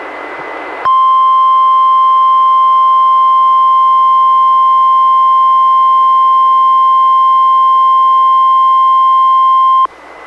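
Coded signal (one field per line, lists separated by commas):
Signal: Emergency Alert System (SAME) tones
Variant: 1050 Hz attention tone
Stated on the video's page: National Weather Service required weekly test relayed by a NOAA Weather Radio station, recorded from a Reecom R-1630 weather radio to a Zoom H1 recorder.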